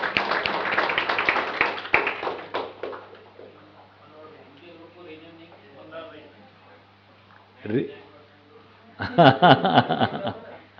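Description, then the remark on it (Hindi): A burst of audience applause for everyone after a lively discussion at the Adhyayan Camp, dense and loud, fades into soft murmuring chatter, then a second short round of clapping rises near the end. “जोरदार चर्चा आप लोग चल रही, सबके लिए जोरदार ताली है खुले मन से।”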